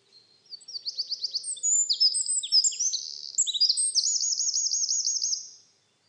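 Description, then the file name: Eurasian wren song: a loud, high, rapid outburst of sharp notes and buzzy trills, ending in a fast rolling trill and lasting about five seconds. "Troglodytes troglodytes"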